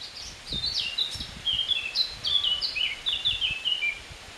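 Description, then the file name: Eurasian blackcap warbling a quick run of clear, slurred notes in a bright tumbling phrase, with a few soft low thumps underneath. "Sylvia atricapilla"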